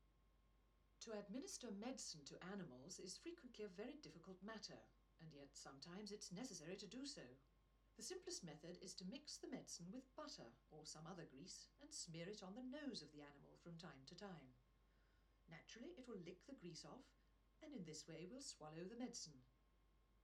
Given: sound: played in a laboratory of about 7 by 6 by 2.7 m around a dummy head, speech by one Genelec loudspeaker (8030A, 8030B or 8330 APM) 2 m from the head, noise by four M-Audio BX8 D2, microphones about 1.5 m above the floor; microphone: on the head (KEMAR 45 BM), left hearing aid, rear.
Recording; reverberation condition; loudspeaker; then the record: female speech in English; low; 150 degrees to the left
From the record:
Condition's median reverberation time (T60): about 310 ms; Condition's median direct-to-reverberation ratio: about 3.5 dB